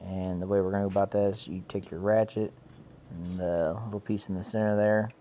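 Someone talks while reaching a 3/8 inch ratchet toward the square hole at the centre of the metal serpentine belt tensioner on the engine of a 2005 Ford Escape XLT 3.0 liter V6, to take the belt off for an AC compressor install. The square drive has not yet been pushed in, and nothing has seated or clicked yet.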